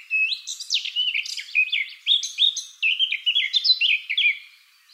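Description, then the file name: Eurasian blackcap song, a fast, rich warble of sliding whistled notes, rising and falling without pause for about five seconds. "Sylvia atricapilla"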